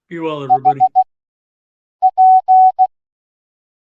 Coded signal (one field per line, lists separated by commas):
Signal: Morse code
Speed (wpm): 16 wpm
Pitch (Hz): 750 Hz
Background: speech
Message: H P